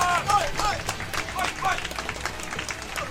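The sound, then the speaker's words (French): An audience applauds a performer being introduced, breaking into steady, dense applause, with many hands clapping at once, joined by a few brief cheering or whistling voices that rise above the clatter. “Ben oui, on peut l'applaudir.”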